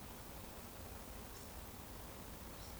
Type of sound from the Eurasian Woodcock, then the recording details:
whistle. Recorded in Baden-Württemberg, Germany, on 24 June 2020 at 19:57 UTC. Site 14569, 102 m above sea level